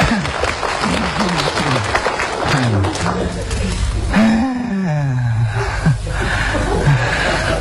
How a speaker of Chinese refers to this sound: 谢谢各位的掌声。